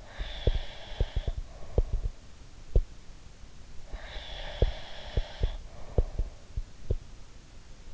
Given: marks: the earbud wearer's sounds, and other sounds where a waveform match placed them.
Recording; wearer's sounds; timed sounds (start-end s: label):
sounds in sleep by an in-ear microphone; breath
0.00-2.14 s: breath
0.17-2.87 s: sound from someone else or the room
3.82-6.49 s: breath
4.60-7.01 s: sound from someone else or the room